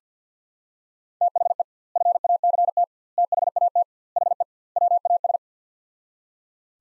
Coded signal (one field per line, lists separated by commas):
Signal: Morse code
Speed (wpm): 47 wpm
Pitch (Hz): 700 Hz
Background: none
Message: THE FACT THAT HE WAS